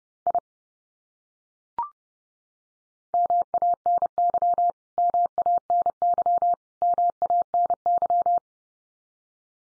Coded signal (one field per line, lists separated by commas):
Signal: Morse code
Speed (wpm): 30 wpm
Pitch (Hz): 700 Hz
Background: none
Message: I MANY MANY MANY